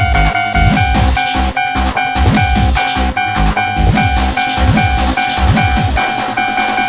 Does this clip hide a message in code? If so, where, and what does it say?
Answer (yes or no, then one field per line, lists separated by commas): no